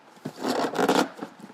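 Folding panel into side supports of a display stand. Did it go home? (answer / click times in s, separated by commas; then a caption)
no / none. A folding panel is handled as it is pushed toward the side supports of a Quran display stand, with a short knock near 0.3 s and a louder scraping, rubbing swell from about 0.4 to 1.0 s. Nothing has seated or clicked into place yet.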